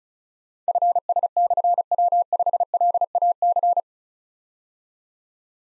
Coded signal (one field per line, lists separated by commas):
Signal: Morse code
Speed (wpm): 36 wpm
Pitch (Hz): 700 Hz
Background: none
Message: FS/W5LAC